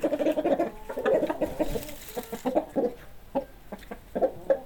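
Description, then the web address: Chicken clucking: a run of rapid clucks, thinning into spaced single clucks. "sounds animals chickens"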